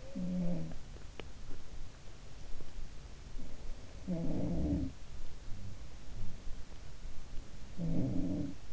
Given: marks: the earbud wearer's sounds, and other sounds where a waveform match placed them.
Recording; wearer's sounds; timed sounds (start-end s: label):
sounds in sleep by an in-ear microphone; teeth grinding
0.00-1.70 s: sound from someone else or the room
0.90-1.70 s: teeth grinding
3.92-6.61 s: sound from someone else or the room
8.28-8.73 s: sound from someone else or the room